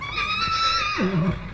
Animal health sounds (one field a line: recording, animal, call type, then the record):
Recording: contact call of a hoofed animal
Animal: horse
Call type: whinny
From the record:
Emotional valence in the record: negative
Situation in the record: group separation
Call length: 1.54 s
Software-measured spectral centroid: 2500 Hz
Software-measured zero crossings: 3290 a second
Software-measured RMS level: -24 dBFS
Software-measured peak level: -11 dBFS